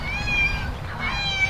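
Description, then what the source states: Young goats bleating: two drawn-out, wavering cries, the second running to the end, over a low rumbling background. Baby goats recorded in the Bay Area.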